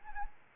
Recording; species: mosquito wingbeat signal from an infrared sensor; Anopheles arabiensis